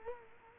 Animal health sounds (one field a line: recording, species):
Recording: mosquito wingbeat signal from an infrared sensor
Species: Culex quinquefasciatus